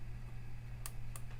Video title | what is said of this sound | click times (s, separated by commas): Weedo Tina 2 Imprimante 3D découverte | entend clipse inséré | 1.2 s